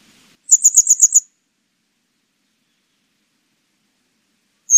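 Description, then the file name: Grey wagtail call series: a quick burst of several high-pitched ticking notes, followed by silence and one more sharp note at the very end. "노랑할미새"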